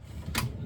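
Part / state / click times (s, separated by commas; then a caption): plastic water line fitting into RV water pump port / seated / 0.4 s. A plastic water line fitting is pushed onto the port of an RV water pump while the pump is being reinstalled. Against a low background hum, a sharp, bright click sounds at 0.4 s as the fitting snaps home. The fitting is seated.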